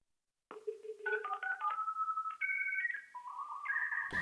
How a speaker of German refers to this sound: Für Verabredungen, Vorschläge und sonstige Wünsche sprich bitte nach dem Piepton.